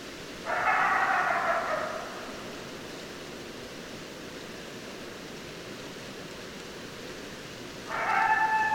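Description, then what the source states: Coyote howls: one wavering howl of about a second and a half, a long quiet gap with faint hiss, then another clear howl begins. Recorded 2012-12-10; more than one coyote.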